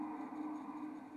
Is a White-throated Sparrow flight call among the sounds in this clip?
no